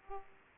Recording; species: mosquito wingbeat signal from an infrared sensor; Aedes aegypti